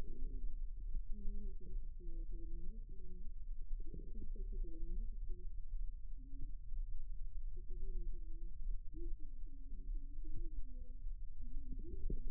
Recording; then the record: forearm muscle sounds (acoustic myography)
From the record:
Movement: rest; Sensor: system 2, bracelet of six BSWA MPA416 microphones around the upper forearm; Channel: 4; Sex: male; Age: 22 years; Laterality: right